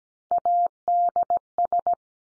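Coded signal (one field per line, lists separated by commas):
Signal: Morse code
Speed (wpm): 17 wpm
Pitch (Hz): 700 Hz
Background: none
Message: ADS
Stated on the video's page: Morse code abbreviation head-copy drill at 17 wpm, each sent in Morse, spoken, then sent again.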